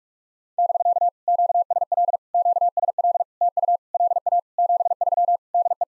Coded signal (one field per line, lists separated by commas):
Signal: Morse code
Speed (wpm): 44 wpm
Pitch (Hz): 690 Hz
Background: none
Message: <BK> QSL QSL TU LA 73 DE